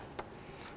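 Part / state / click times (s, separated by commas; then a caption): electrical connector onto radiator fan connection / seated / 0.2 s. An electrical connector is lined up and pressed onto the radiator fan/sensor connection of a 2002–07 Jeep Liberty during a radiator replacement. A single short, sharp click sounds at 0.2 s against a low steady background as the connector seats, before the red lock tab is pushed in.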